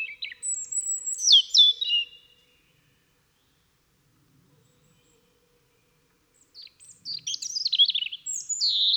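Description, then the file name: European robin song: a burst of very high wavering whistles and falling slurs, several seconds of silence, then another jumbled phrase of thin high notes. "Erithacus rubecula"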